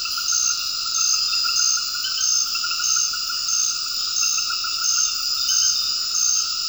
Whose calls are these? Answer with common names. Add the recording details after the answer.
none. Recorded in dense forest near Puerto Asís, Putumayo, Colombia, on 18 February 2024 at 21:00. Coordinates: 0.481, -76.318. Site G6421